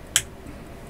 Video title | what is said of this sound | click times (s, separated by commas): Vintage Waltham Watch Disassembly | and you can hear it snap and that just gives me more control over doing it so | 0.2 s